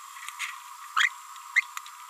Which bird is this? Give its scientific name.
Forpus passerinus